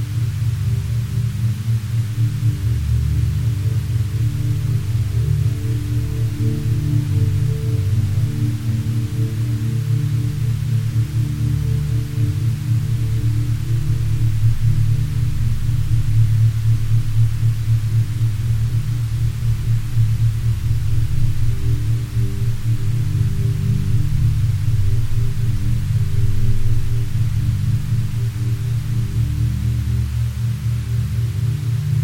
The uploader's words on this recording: Insomnia Reduction With 9' Binaural Beats & White Noise.